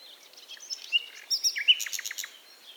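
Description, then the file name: Common nightingale song: a brief mix of whistled notes, then a quick series of sharp, clicking down-slurred notes. "Luscinia megarhynchos"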